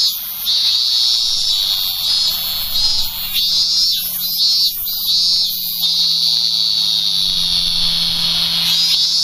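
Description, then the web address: Robust cicada singing a shrill pulsing buzz, rhythmic bursts for several seconds before settling into a continuous whining drone. "sikioto insect minminzemi"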